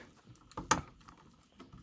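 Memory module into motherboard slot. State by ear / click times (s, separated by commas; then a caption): seated / 0.7 s. A RAM stick is pressed into its motherboard slot one end first until the retaining hook snaps up. A sharp click sounds at 0.7 s, the module seating in the slot, with softer taps around it. The memory module is seated.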